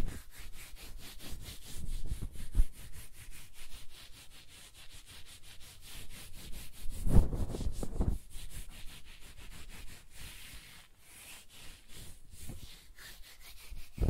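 Close-up hair scratching and brushing, a dense run of quick rasping strokes with heavier low rubs near two and seven seconds.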